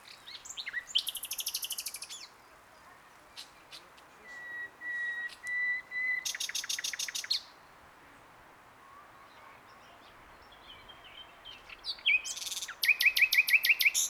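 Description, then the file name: Common nightingale song mixing buzzy rapid trills with a long, pure, steady whistle, then more rattling repeated notes. "Luscinia megarhynchos"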